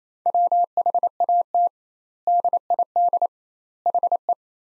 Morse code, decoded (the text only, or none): WHAT DID HE